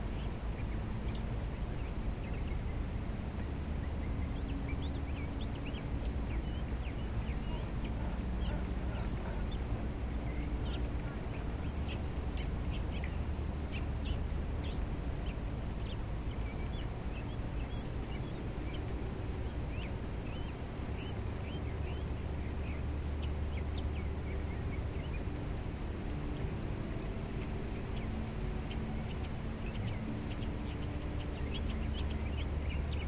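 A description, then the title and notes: Birds chirp and call over a steady wash of white noise that fills the whole 33 seconds at an even level. Short bright chirps come thick and irregular, with a few squawking calls, while a low hum and soft sustained tones sit underneath. Birds singing along with white noise and a peaceful soft piano. Sound: white noise, bird songs, nature, forest. Music: piano, ambient music, sleep music.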